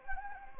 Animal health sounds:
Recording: mosquito wingbeat signal from an infrared sensor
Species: Anopheles gambiae

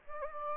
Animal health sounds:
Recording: mosquito wingbeat signal from an infrared sensor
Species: Aedes aegypti

